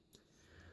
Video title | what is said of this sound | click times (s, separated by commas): Initial Thoughts: Blurr with Hyperfire | throw the cockpit down and it snaps into place pretty good | 0.2 s